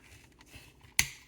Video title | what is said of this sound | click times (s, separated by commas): Studio Series 86 Leader Class Dinobot Snarl Transformers Figure - Rodimusbill Review | snaps into place yeah got one arm done | 1.0 s